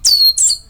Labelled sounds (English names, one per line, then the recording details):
Stitchbird song
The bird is a male
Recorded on Tiritiri Matangi Island, New Zealand, in 2005
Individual 17, of nest box 25